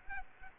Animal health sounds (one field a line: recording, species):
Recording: mosquito wingbeat signal from an infrared sensor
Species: Aedes aegypti